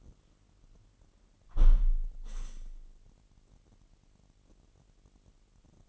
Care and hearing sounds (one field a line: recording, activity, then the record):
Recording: daily activity, microphone in the room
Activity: close window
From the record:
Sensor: 4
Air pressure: 999.0 hPa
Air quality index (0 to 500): 127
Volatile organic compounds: 2 ppm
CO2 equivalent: 1250 ppm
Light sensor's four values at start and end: 8/20/8/9 and 8/20/8/8